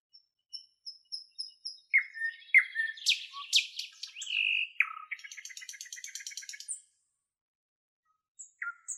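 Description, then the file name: Nightingale sings soft repeated high whistles, then loud rich phrases and a fast rattling trill, a pause, and brief fresh notes. "solovey long"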